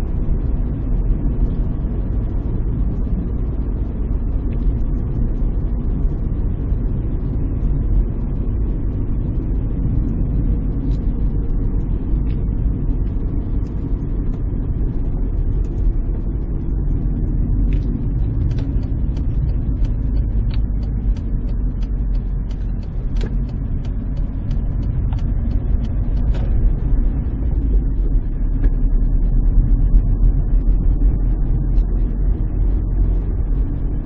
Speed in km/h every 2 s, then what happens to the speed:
45, 44, 42, 42, 40, 39, 38, 36, 33, 23, 21, 24, 27, 28, 31, 33, 33.
0-20 slows to 21. 20-34 speeds up to 33.